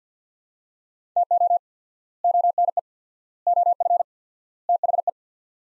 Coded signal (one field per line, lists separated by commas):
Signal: Morse code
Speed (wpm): 50 wpm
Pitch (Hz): 700 Hz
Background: none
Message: TO ONE OF THE